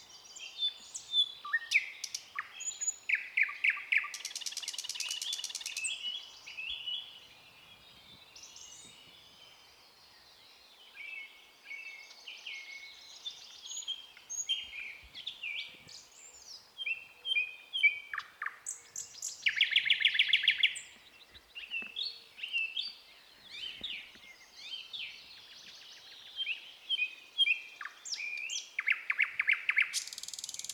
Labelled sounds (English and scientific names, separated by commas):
Thrush Nightingale (Luscinia luscinia) song